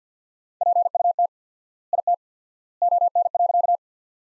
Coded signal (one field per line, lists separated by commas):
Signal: Morse code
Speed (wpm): 47 wpm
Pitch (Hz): 700 Hz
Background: none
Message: PUT IT ON.